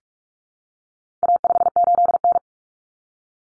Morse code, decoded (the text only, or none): A58N